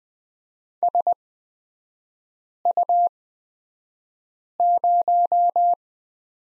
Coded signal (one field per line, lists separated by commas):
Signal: Morse code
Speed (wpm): 20 wpm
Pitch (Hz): 700 Hz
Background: none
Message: SU0